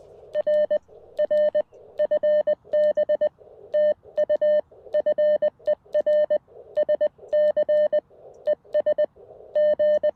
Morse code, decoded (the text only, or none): R R FB TU FER SC ES G